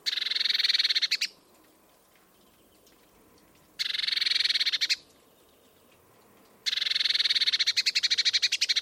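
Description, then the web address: Eurasian blue tit repeating a harsh buzzy churr three times, each a rattle of quick pulses, separated by quiet gaps of about two seconds. "cianscape birddata Deverinetal 2025 File origin Bird Only Cy Ca"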